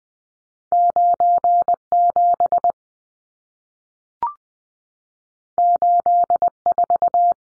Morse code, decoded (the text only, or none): 97 84